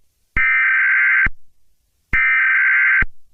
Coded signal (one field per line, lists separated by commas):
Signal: Emergency Alert System (SAME) tones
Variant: header bursts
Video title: Eas scenario toppat invation